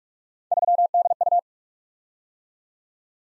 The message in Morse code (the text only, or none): 3DU